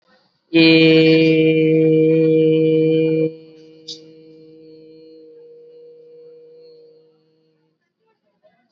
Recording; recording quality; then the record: sustained vowel as in made; excellent, no background noise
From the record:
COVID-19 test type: RT-PCR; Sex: male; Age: 19 years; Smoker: no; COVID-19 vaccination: both doses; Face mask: worn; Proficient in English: yes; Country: India